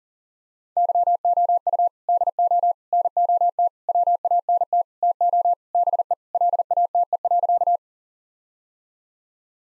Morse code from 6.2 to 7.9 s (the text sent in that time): LATE.